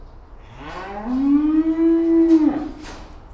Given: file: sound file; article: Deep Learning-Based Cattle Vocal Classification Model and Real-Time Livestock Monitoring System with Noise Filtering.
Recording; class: cattle; estrus call